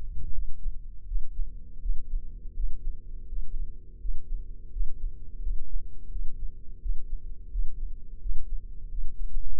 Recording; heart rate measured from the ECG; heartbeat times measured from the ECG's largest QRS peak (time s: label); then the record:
heart sounds by microphone in the left ear; 84 bpm
0.32 s: heartbeat
1.06 s: heartbeat
1.80 s: heartbeat
2.54 s: heartbeat
3.27 s: heartbeat
3.99 s: heartbeat
4.71 s: heartbeat
5.41 s: heartbeat
6.10 s: heartbeat
6.80 s: heartbeat
7.50 s: heartbeat
8.20 s: heartbeat
8.89 s: heartbeat
9.59 s: heartbeat
From the record:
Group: healthy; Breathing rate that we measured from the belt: 21 breaths a minute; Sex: male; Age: 57 years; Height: 188 cm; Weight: 106 kg